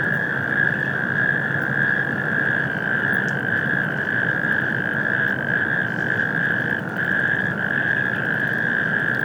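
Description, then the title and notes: Natterjack toads in chorus, a continuous loud rolling trill at steady pitch from many callers, over a low background rumble. Toads at industrial wasteland Kai 6, Stockstadt am Main, heard from Main riverbank at Mainaschaff, Germany; warm spring night shortly before 22:00; likely last calls before development; mid-side stereo, Rycote HC-22, EM283 mic, MixPre 6ii. "Mainufer, Mainaschaff, Deutschland. Kreuzkröten - Kreuzkröten auf der Industriebrache Stockstadt Kai 6. So hören sie sich in der warmen Frühlingsnacht am kurz vor 22 Uhr von Mainaschaff aus an"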